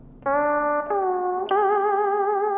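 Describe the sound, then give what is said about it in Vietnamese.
A loud, drawn-out shout of "Anh hai!" (calling for an older brother) rings out in three sustained, overlapping cries, the last one higher in pitch, with a strong echo smearing them together across a forest. “Tiếng anh hai của ba cứ vang khắp cả cánh rừng, vang đến cả lỗ tai của bà ba.”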